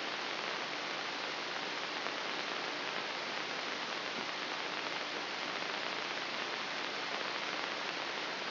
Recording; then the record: brain microelectrode recording played as sound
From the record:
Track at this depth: outside the subthalamic nucleus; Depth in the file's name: 6.898 mm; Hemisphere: left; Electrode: 3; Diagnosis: Parkinson's disease